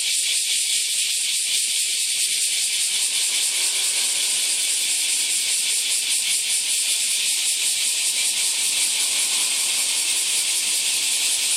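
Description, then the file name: Bear cicada drone, a continuous loud high hiss with slight pulsing, unbroken for over ten seconds, with faint low crackles beneath. "Kumazemi"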